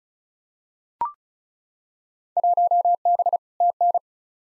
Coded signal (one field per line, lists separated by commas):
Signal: Morse code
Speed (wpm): 34 wpm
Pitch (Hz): 700 Hz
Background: none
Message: 1B TN